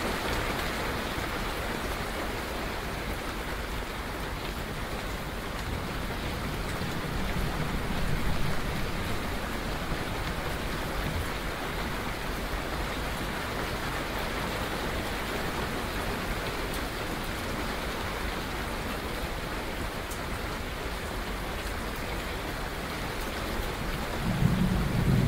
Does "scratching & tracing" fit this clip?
no